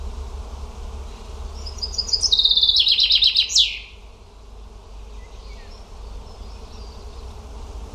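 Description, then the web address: Bird singing a rapid, high-pitched trill of evenly repeated notes for about two seconds, with a constant low rumble beneath. "cianscape birddata Deverinetal 2025 Bird Only"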